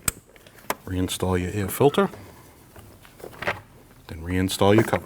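A plastic wiring connector on a 2013-2019 Ford Escape 1.5L L4 is pushed onto the air intake sensor and seats with a sharp, loud click at 0.1 s. A few softer clicks and clatter follow while someone talks.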